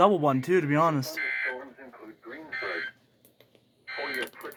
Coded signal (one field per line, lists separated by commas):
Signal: Emergency Alert System (SAME) tones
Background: speech